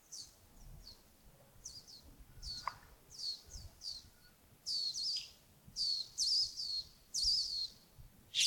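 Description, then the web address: Very high, thin bird chirps repeated many times, growing louder toward the end, with one brief lower note midway. Early morning, Yagongding, 28 December 2025, around 07:40. "2025-12-28 亚公顶清晨 251228 074040 birds"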